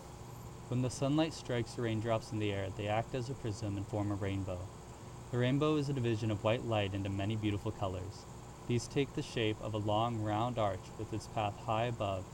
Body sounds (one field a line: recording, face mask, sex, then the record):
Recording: reading aloud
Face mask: surgical mask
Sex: male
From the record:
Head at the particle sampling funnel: tilted up or above it, chin in front of it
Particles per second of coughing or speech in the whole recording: 0.0361